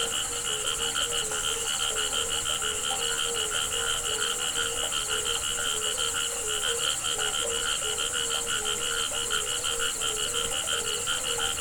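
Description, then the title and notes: Frog chorus of fast, clattering pulsed croaks continuing almost without a break, against an unbroken shrill hum of crickets. Frogs calling together with crickets at a pond on the Hajnice stream near Ústí, Czechia. "Ústí, Czechia - žáby a cvrčci Hajnice. žáby a cvrčci u hodní tůně na potoce Hajnice"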